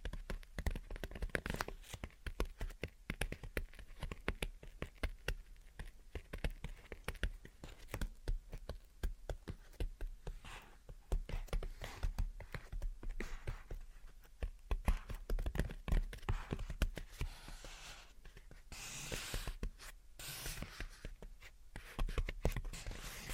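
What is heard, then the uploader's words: Gentle tapping and scratching goes on throughout, a dense run of quick, soft, dry clicks and scrapes with no real pauses. Around the nineteen- and twenty-second marks a brighter, hissier scratch stands out, then the tapping resumes at the same busy pace. Gentle Tapping and Scratching. (No Talking).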